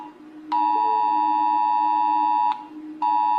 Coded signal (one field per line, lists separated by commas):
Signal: Emergency Alert System (SAME) tones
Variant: 853 and 960 Hz attention tone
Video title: Rating EAS Alarms (Because people are doing it)